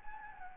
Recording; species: mosquito wingbeat signal from an infrared sensor; Anopheles gambiae